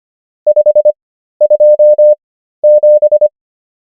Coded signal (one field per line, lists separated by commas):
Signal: Morse code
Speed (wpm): 25 wpm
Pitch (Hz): 600 Hz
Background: none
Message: 527